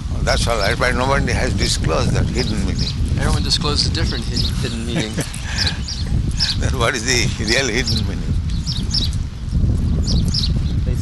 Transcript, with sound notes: That's all right, but nobody has disclosed that hidden meaning.
Everyone discloses a different hidden meaning.
[laughs] Then what is the real hidden meaning?